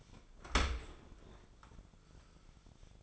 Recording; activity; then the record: daily activity, microphone in the room; open dishwasher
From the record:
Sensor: 5